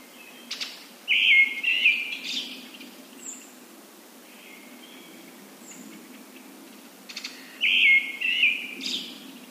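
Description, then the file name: Brown-headed thrush: two main phrases about six seconds apart, each a few whistled notes, with faint softer notes and a few high notes between. "akahara"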